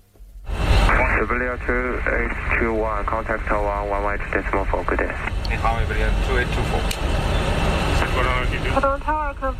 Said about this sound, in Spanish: Son los sonidos de uno de esos aviones solicitando permiso para aterrizar en Shanghái.